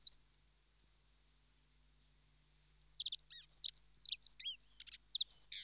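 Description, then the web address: Dunnock song: after a brief high note and near-silence, a hurried, jangling warble of thin squeaky notes runs unbroken for about three seconds. "The BBC Sound Effects Library. Dunnock (Prunella Modularis)"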